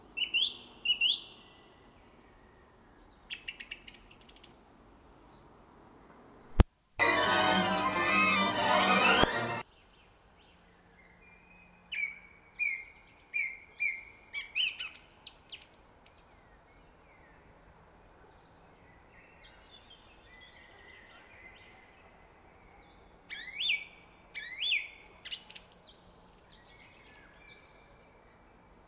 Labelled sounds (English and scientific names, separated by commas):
Song Thrush (Turdus philomelos) song